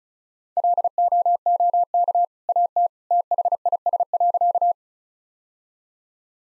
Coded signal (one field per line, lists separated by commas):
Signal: Morse code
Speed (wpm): 36 wpm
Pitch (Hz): 700 Hz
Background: none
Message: LOOK AT THIS.